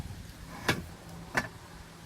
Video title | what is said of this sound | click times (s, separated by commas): VAN CONVERSION R&R Bed Refit | your fingers and they lock then sleep there's the brackets | 0.7 s, 1.4 s